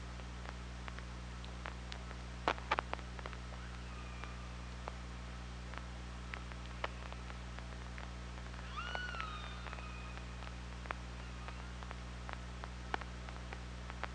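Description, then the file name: Killer whale call: a short tonal call with a rising then falling harmonic contour around nine seconds, over scattered clicks and a steady low hum. Underwater hydrophone, 24 August 2017, 07:27. "20170824 072751"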